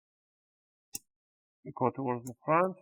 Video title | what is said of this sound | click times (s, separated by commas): How to Repaste and Clean Your Alienware 17 R5 - Improve Cooling & Performance | work yourself you want to hit those nice click sound | 1.0 s